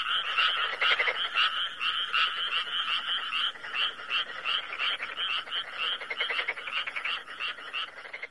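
Frogs calling together in quick rattling bursts, the croaks pulsing roughly two or three times a second and overlapping one another.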